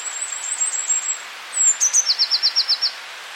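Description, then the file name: Eurasian blue tit song: a long thin high wavering note, then a sliding whistle and sharp ticks leading into a fast trill of about eight lower notes. "Cyanistes caeruleus"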